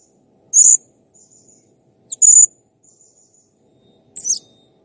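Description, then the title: Blue-crowned hanging parrot calling with three piercing high notes nearly two seconds apart, with faint high sounds between them. Masteran training recording of clear, prolific calling (gacor jernih), used to tutor cage birds. "Masteran Burung Serindit Ll Masteran Serindit Gacor Jernih"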